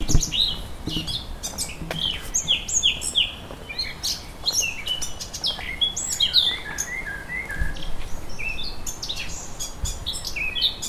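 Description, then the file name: Eurasian blackcap giving continuous, fast warbled song of varied chirps, slurred whistles and chattering notes. "Sylvia atricapilla"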